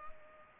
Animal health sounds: mosquito wingbeat signal from an infrared sensor; Culex pipiens

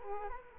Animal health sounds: mosquito wingbeat signal from an infrared sensor; Culex quinquefasciatus

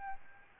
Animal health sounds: mosquito wingbeat signal from an infrared sensor; Aedes albopictus

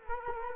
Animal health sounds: mosquito wingbeat signal from an infrared sensor; Culex quinquefasciatus

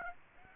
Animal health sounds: mosquito wingbeat signal from an infrared sensor; Aedes aegypti

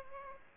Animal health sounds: mosquito wingbeat signal from an infrared sensor; Aedes aegypti

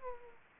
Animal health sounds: mosquito wingbeat signal from an infrared sensor; Aedes aegypti

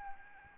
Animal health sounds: mosquito wingbeat signal from an infrared sensor; Aedes albopictus

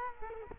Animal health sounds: mosquito wingbeat signal from an infrared sensor; Culex quinquefasciatus

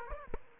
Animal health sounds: mosquito wingbeat signal from an infrared sensor; Aedes aegypti

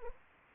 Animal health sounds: mosquito wingbeat signal from an infrared sensor; Anopheles arabiensis

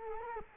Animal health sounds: mosquito wingbeat signal from an infrared sensor; Culex quinquefasciatus

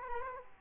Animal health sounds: mosquito wingbeat signal from an infrared sensor; Culex quinquefasciatus

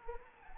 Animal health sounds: mosquito wingbeat signal from an infrared sensor; Anopheles arabiensis

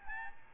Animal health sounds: mosquito wingbeat signal from an infrared sensor; Aedes albopictus

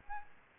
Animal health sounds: mosquito wingbeat signal from an infrared sensor; Aedes albopictus

